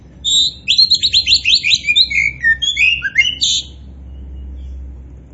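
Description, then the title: Oriental magpie-robin giving a dense three-second phrase of quick, buzzy and whistled notes that rise and fall, then stopping, leaving a faint low hum. Kacer poci variety, described as gacor (singing vigorously and continuously). "Kacer Poci Gacor"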